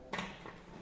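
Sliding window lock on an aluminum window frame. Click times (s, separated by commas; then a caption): 0.1 s. A sliding window lock on an aluminum window frame is operated and latches. A single short click sounds at 0.1 s, and the window is locked.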